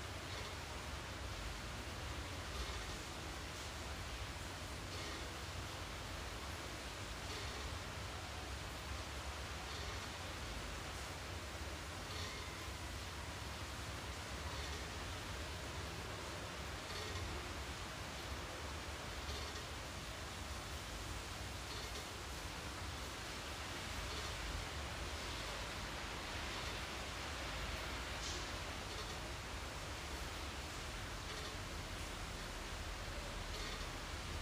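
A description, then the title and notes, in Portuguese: Rain falls in a steady, dense hiss that fills everything from low rumble to bright top end without pause. Faint brighter patters flicker through it every second or two, but the overall level stays even for the whole stretch. Esse episódio é uma coleção de sons de chuva gravados por mim com o objetivo de propiciar um ambiente relaxante.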